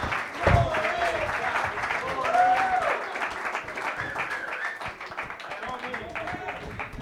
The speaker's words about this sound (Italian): Fate un grande applauso al primo membro dell'Academy di questa sera